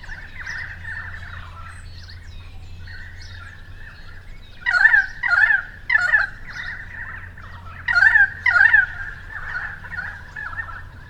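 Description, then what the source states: Currawong calls: several loud, warbling bursts with wavering pitch in two groups over a steady background chorus, with a low steady hum underneath. More than one currawong; Zoom recorder.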